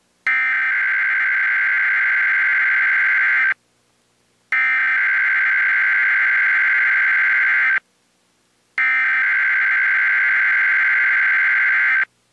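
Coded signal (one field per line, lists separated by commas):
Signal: Emergency Alert System (SAME) tones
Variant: header bursts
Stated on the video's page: EAS test shown on a blue screen.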